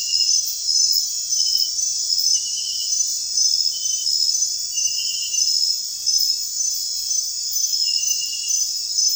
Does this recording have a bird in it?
no